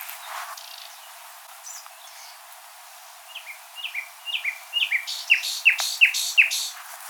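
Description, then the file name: Common nightingale song: faint scattered notes, then a series of descending whistled slurs building into loud, sharp repeated notes about three per second. "Luscinia megarhynchos"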